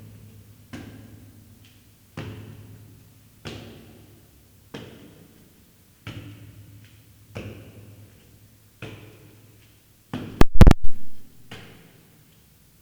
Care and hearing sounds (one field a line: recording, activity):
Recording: daily activity, guitar pickup as the sensor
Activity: go upstairs